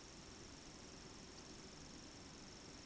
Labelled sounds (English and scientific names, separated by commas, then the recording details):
Eurasian Woodcock (Scolopax rusticola) whistle
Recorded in Baden-Württemberg, Germany, on 9 June 2021 at 20:20 UTC
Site 25175, 602 m above sea level